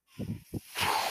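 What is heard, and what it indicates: Two brief low murmurs, then a steady airy hiss as a home mechanical ventilator delivers a breath.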